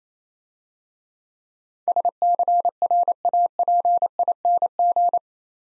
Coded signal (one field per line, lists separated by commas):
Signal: Morse code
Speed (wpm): 27 wpm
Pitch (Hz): 700 Hz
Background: none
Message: SCRAPING